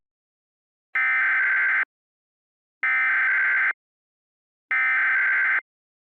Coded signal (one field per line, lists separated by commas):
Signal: Emergency Alert System (SAME) tones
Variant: header bursts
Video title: EAS Mini Story: Mystery in Santa Destroy